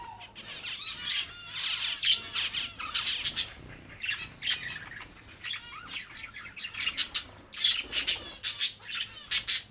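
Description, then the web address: Birds chirping and chattering: a busy, irregular stream of quick high chirps and short twittering bursts, with brief gaps between phrases. "best service Blue Box birds birds exotic"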